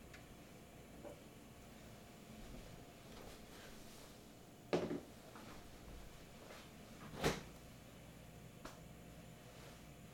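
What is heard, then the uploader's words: Kitchen sounds while pasta cooks: a steady low hum fills the background throughout. Two sharp knocks or pops stand out near five and seven seconds, with a few lighter clicks and clatters scattered around them. Cooking Pasta. It consisted of prepackaged ravioli, asparagus, red pepper, garlic, olive oil, salt and pepper. You will also hear the sound of a beer being opened about halfway through cooking. It is a stereo recording.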